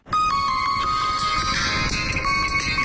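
mobile phone ringing

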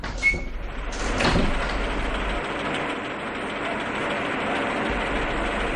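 door being opened

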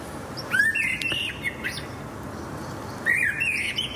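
blackbird singing

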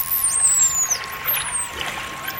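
dolphin signature whistle

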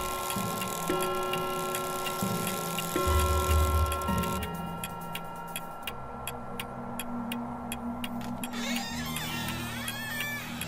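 clock ticking

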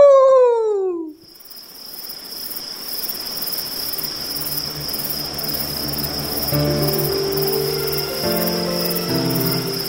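howling

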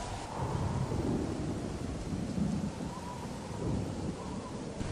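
heavy rain

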